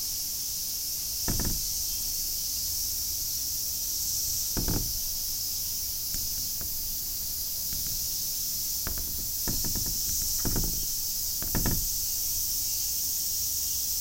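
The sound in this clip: Cicada drone, a continuous high shimmering buzz, with dull thuds and rattles breaking in every few seconds underneath.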